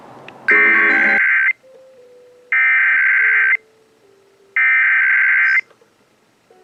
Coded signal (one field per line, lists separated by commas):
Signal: Emergency Alert System (SAME) tones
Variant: header bursts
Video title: Oregon's RMT (EAS #3648-3652)